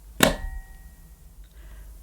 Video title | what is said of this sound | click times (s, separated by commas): Dyson Omniglide Cordless Vacuum With Storage Dok | simply slot into the base until it clicks into position | 0.2 s